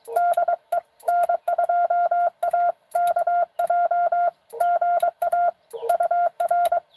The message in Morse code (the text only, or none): DE N2AKJ GA UR